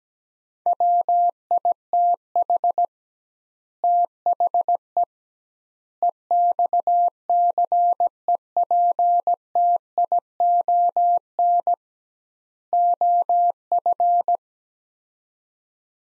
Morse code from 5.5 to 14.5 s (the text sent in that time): EXCEPTION OF